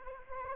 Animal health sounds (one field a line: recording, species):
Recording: mosquito wingbeat signal from an infrared sensor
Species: Anopheles arabiensis